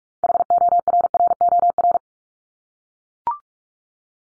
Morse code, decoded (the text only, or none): HORROR